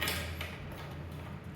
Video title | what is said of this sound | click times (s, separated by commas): SMS CLS Rail Assembly | or it can be snap into place similar to this | 0.0 s